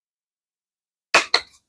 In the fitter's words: there we go. And see how it snaps right into place.